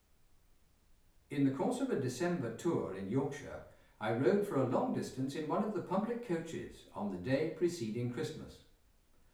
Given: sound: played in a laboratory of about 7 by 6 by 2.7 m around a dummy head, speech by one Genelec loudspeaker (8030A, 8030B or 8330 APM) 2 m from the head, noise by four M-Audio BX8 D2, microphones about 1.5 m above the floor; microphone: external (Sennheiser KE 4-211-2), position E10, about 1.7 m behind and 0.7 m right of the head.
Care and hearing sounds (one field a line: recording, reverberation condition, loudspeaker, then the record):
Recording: male speech in English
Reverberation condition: medium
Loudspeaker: 60 degrees to the left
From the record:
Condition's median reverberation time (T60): about 510 ms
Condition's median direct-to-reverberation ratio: about -0.5 dB